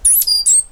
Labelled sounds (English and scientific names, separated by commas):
Stitchbird (Notiomystis cincta) song